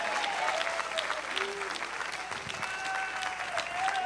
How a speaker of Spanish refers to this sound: Bueno, ese aplauso aguado, agárrenlo para ustedes. Si van a glorificar, glorifique.